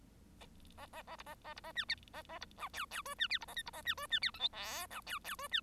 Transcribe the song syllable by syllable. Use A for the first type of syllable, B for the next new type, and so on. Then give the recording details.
A A A B A A B A C D A A B E F F G C D B A H B A C G C D I J K E F F G C. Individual Bird1